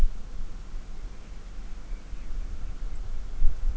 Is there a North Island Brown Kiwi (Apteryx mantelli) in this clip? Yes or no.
no